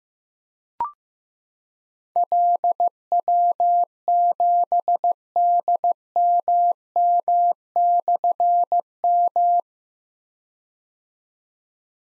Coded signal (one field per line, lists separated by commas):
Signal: Morse code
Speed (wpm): 15 wpm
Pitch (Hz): 700 Hz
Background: none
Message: LW7DMM/M